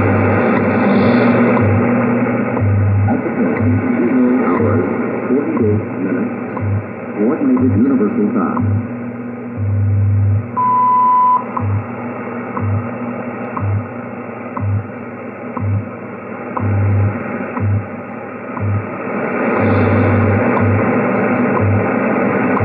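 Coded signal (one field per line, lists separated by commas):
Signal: radio time signal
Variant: WWV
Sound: fading shortwave hiss with low pulses about each second and faint voice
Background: radio static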